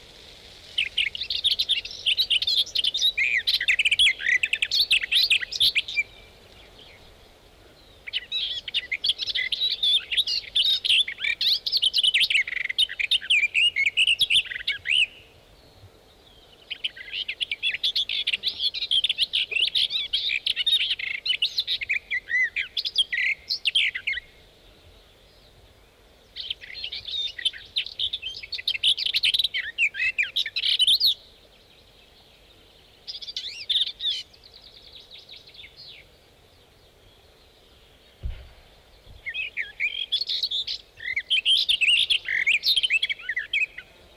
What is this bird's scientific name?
Sylvia borin